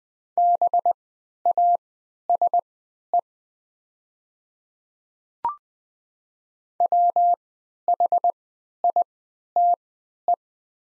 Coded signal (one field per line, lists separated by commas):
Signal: Morse code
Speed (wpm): 20 wpm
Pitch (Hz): 700 Hz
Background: none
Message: BASE WHITE